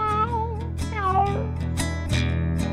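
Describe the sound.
A human voice imitates a cat, giving several wavering, sliding meow-like calls over a steady backing of music.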